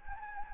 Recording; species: mosquito wingbeat signal from an infrared sensor; Anopheles gambiae